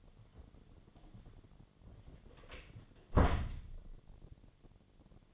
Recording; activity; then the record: daily activity, microphone in the room; close door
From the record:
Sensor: 4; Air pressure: 1008.1 hPa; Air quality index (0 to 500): 180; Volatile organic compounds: 5 ppm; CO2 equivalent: 1807 ppm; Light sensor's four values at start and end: 23/72/27/26 and 24/76/28/28